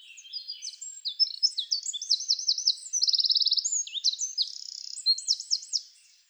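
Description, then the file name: Eurasian wren song, a fast loud outpouring of high trills and rattling notes, including a sustained buzzy trill near the middle, with no other sounds. "Troglodytes troglodytes"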